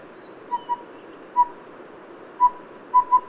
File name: Collared Owlet Glaucidium brodiei